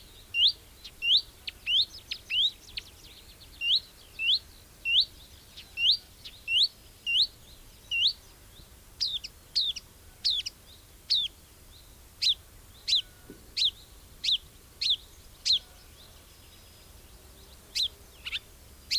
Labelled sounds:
Marsh Warbler (Acrocephalus palustris) song
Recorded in the wild
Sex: male
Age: adult
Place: Langensendelbach, Bayern, DE
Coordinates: 49.6453, 11.0794
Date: 1964-06-13
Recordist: Tretzel, Erwin

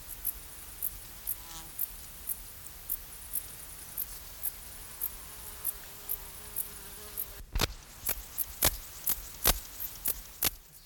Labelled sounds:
Dark Bush-cricket (Pholidoptera griseoaptera) stridulation
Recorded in the wild
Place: Treuchtlingen, Heumöderntal, Bayern, DE
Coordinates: 48.96, 10.91
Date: 1993-09-02
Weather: 18 °C
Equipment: Marantz CP 430, Sennheiser MKH 416 T, Kopie Uher Variocord 263
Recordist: Tembrock, Günter

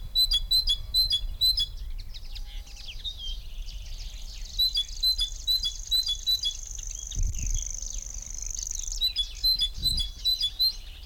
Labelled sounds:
Common Grasshopper Warbler (Locustella naevia) song
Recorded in the wild
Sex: male
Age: adult
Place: Kremmen, Brandenburg, DE
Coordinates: 52.76, 13.03
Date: 1995-06-03 11:43
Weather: fair, 18°C
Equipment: Marantz CP 430, Sennheiser ME 80, Kopie Uher 4000 Report Monitor
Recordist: Tembrock, Günter

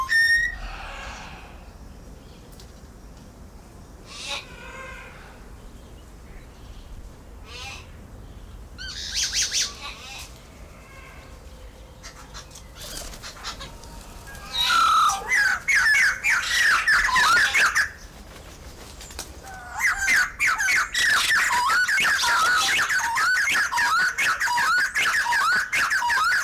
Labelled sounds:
White-crested Laughingthrush (Garrulax leucolophus) call
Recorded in captivity
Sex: pair
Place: Zoo Halle, Sachsen-Anhalt, DE
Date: 1996-03-08 16:42
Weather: sonnig, 3°C
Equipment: Sony WM-D6C, Sennheiser ME 80, Kopie Uher 4000 Report Monitor
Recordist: Tembrock, Günter

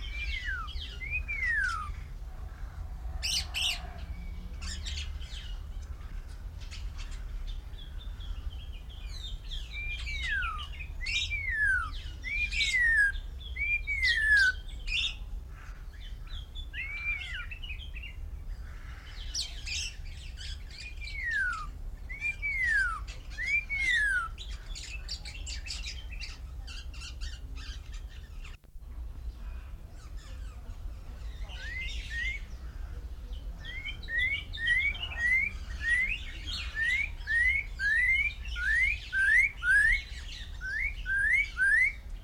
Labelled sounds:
Snowy-crowned Robin-Chat (Cossypha niveicapilla)
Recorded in captivity
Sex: male
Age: adult
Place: Zoo Berlin, Berlin, DE
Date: 1994-07-16 10:44
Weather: sonnig, 22-26°C
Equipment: Marantz CP 430, Sennheiser ME 80, Kopie Uher Variocord 263
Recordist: Tembrock, Günter

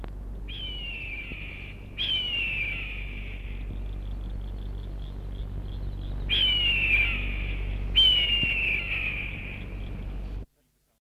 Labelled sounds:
Red-tailed Hawk (Buteo jamaicensis) defence call
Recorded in captivity
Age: adult
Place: Tierpark Berlin, Berlin, DE
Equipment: Halbspur, 9,5 cm/s
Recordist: Lütgens, Hans

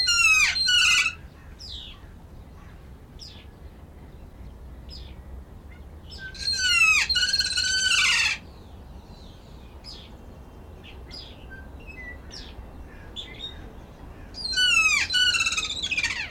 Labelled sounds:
Kea (Nestor notabilis)
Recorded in captivity
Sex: pair
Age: adult
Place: Zoo Berlin, Berlin, DE
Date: 1993-03-20
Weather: 5-8 ° C, böiger Wind
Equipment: Marantz CP 430, Sennheiser ME 80, Kopie Uher Variocord 263
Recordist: Tembrock, Günter
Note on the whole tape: Paar, besonders Exemplar in Nisthöhle: Lautfolgen (3 m)

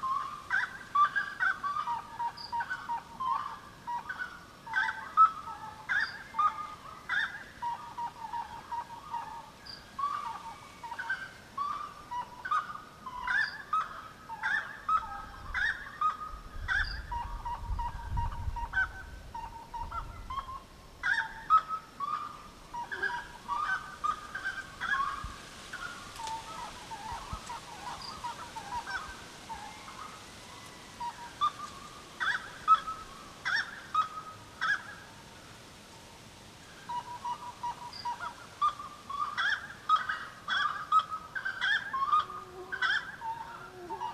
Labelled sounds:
Gray-cowled Wood-Rail (Aramides cajaneus) call
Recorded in the wild
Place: Pirenopolis, Goias, BR
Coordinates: -15.8447, -48.9583
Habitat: savannah
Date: 2013-09-10
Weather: 20°C,clear night, weak wind
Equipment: Olympus LS-3, Olympus ME31
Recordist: Frommolt, Karl-Heinz

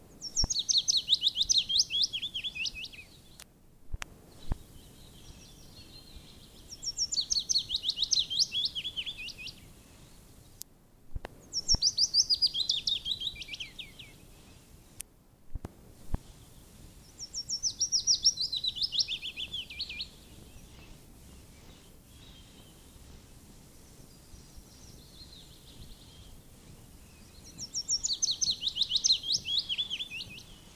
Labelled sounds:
Willow Warbler (Phylloscopus trochilus) song
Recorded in the wild
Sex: male
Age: adult
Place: Erlangen, Bayern, DE
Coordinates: 49.6086, 10.9697
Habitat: carr
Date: 1961-05-01
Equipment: Original, Vollspur
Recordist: Tretzel, Erwin

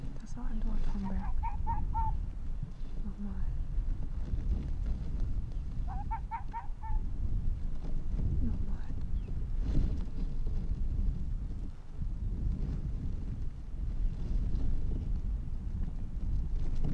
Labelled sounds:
Arctic Fox (Vulpes lagopus)
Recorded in the wild
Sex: diverse
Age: adult
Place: Insel Mednyi, Kommandeur-Inseln, RU
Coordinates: 54.5167, 168.083
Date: 1999-08-11
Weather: 10°C, hervorragende Sicht, Nordwind
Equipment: Sony WM-D6C, Sennheiser ME 80, K 30 AV, Windkorb, Kopie Tascam DA 30
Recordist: Jakupi, Antje

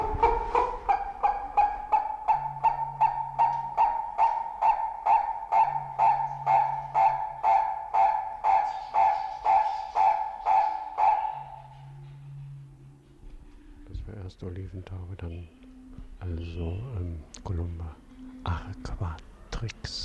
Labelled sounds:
Victoria Crowned Pigeon (Goura victoria) call
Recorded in captivity
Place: Zoo Berlin, Berlin, DE
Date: 1992-07-25 10:55
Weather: sonnig (heiter - schwül), 23-26 °C
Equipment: Marantz CP 430, Sennheiser ME 80, Kopie Tesla B 116
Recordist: Tembrock, Günter

